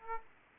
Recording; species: mosquito wingbeat signal from an infrared sensor; Aedes aegypti